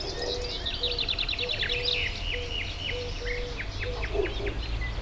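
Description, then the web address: Bird calls: fast series of sharp, descending chirps, several birds overlapping, with a repeated low tonal note and background rumble. Recorded at the Hortobágy fishponds, Hungary, in 2014, near the narrow-gauge railway's inner terminal station; varied bird life. "hanggyujtemeny kisvasut hortobagyihalastavak 2014 termeszet sokszinumadarvilag belsovegallomas"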